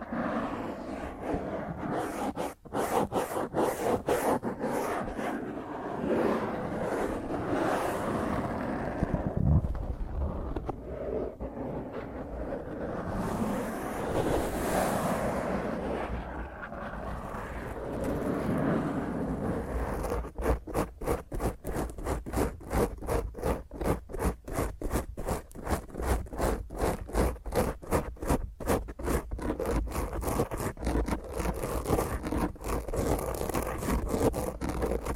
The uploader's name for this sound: Intense Rough Mic Scratch using HandNails